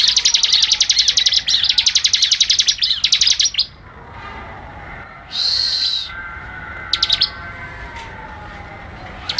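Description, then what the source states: Bar-winged prinia giving a fast pulsed trill for several seconds, then quiet, a single buzzy note, and a couple of short clicking bursts. Song in the ngebren style, a rapid song.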